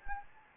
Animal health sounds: mosquito wingbeat signal from an infrared sensor; Anopheles gambiae

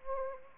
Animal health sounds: mosquito wingbeat signal from an infrared sensor; Anopheles arabiensis

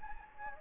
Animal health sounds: mosquito wingbeat signal from an infrared sensor; Anopheles gambiae

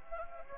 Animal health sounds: mosquito wingbeat signal from an infrared sensor; Anopheles gambiae

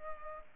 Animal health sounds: mosquito wingbeat signal from an infrared sensor; Culex pipiens

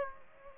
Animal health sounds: mosquito wingbeat signal from an infrared sensor; Aedes aegypti

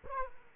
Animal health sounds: mosquito wingbeat signal from an infrared sensor; Aedes aegypti

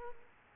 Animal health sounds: mosquito wingbeat signal from an infrared sensor; Aedes aegypti

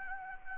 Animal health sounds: mosquito wingbeat signal from an infrared sensor; Anopheles gambiae

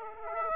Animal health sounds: mosquito wingbeat signal from an infrared sensor; Aedes aegypti

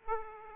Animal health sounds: mosquito wingbeat signal from an infrared sensor; Aedes aegypti

